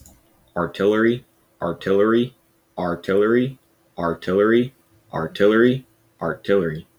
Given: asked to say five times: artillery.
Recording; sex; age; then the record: repeated word; male; 20 to 29 years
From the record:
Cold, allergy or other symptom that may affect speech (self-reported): no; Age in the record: 24 years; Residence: Texas, United States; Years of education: 16